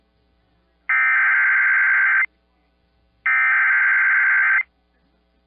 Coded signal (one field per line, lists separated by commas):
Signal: Emergency Alert System (SAME) tones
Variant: header bursts